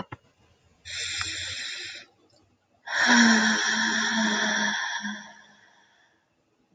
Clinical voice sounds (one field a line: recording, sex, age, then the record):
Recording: vowel held as long as possible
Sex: female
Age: 20 to 29 years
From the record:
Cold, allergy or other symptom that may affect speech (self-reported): no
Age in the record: 22 years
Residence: Pennsylvania, United States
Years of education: 12